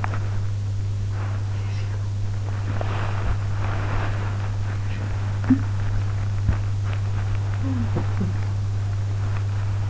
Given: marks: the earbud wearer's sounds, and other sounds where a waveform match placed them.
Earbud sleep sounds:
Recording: sounds in sleep by an in-ear microphone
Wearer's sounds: body movement, talking in sleep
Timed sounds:
0.00-0.42 s: body movement
1.11-2.14 s: sound from someone else or the room
2.62-5.17 s: body movement
5.38-5.68 s: talking in sleep
6.47-7.31 s: sound from someone else or the room
7.56-8.37 s: talking in sleep
9.04-9.89 s: sound from someone else or the room

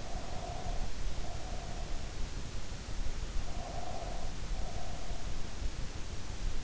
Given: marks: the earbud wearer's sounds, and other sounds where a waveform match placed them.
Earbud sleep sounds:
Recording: sounds in sleep by an in-ear microphone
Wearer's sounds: breath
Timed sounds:
0.00-2.04 s: breath
3.34-5.41 s: breath

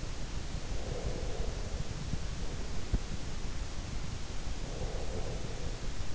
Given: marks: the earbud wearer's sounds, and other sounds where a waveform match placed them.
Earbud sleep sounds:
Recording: sounds in sleep by an in-ear microphone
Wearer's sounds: breath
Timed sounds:
0.59-2.37 s: breath
4.60-6.15 s: breath

